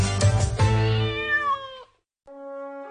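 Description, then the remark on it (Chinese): A cat wanting food meows twice, one of the cats that come at set times to be fed, as they were daily before a shop closed: a long, loud, wavering meow that bends in pitch, then after a brief silence a shorter, steadier meow. No one speaks. “宝叔以前每日收铺之前都会喂东西给他们吃的，久而久之他们就懂得定时定候过来开餐咯。”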